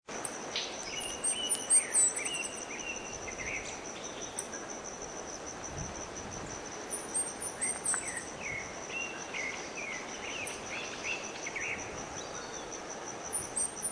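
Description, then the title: São Francisco sparrow singing very high, thin, sharp phrases repeated roughly every five to six seconds, with scattered mid-pitched chirps and a constant shrill insect drone behind. "LuckyPassaro Completos2Sama. Sao Francisco Sparrow (Arremon franciscanus)"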